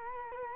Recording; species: mosquito wingbeat signal from an infrared sensor; Culex quinquefasciatus